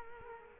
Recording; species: mosquito wingbeat signal from an infrared sensor; Culex quinquefasciatus